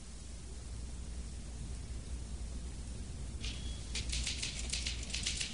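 A steady hiss of background noise, then a woman starts typing on a typewriter, keys clacking in a quick, uneven run of sharp, bright clicks that continue to the end. No one speaks.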